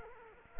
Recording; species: mosquito wingbeat signal from an infrared sensor; Culex quinquefasciatus